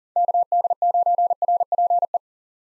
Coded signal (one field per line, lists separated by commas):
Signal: Morse code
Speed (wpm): 37 wpm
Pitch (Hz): 700 Hz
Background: none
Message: KD9RPE